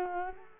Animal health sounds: mosquito wingbeat signal from an infrared sensor; Culex quinquefasciatus

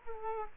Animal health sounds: mosquito wingbeat signal from an infrared sensor; Culex quinquefasciatus

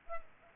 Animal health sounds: mosquito wingbeat signal from an infrared sensor; Culex pipiens

